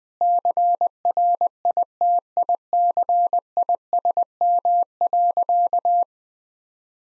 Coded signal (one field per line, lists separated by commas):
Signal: Morse code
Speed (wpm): 20 wpm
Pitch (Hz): 700 Hz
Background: none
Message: CRITICISM.